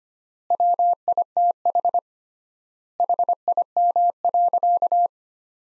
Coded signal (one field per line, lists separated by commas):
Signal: Morse code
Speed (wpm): 25 wpm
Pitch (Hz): 700 Hz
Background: none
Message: WITH HIM.